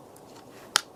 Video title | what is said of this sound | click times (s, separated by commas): MORA GARBERG ~ First Grasp Assessment | you hear that click you know | 0.8 s